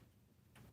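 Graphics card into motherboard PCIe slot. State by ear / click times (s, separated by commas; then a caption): not seated / none. An RX 5500 XT graphics card is pushed into the motherboard PCIe slot inside a Lian Li Lancool 216 case, but the retention latch gives no audible click. Only a faint, brief tick is heard at about 0.6 s over low background hum. No click has sounded yet, though the latch is later seen to have popped up and the card is assumed to be in.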